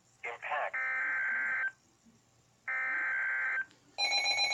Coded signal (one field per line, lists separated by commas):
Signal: Emergency Alert System (SAME) tones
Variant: header bursts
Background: speech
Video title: Severe Thunderstorm Warning EAS 6